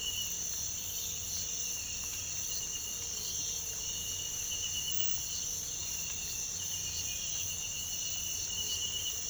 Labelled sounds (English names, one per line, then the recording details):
none
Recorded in pastures near Puerto Asís, Putumayo, Colombia, on 22 December 2024 at 05:30
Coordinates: 0.472, -76.329
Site G072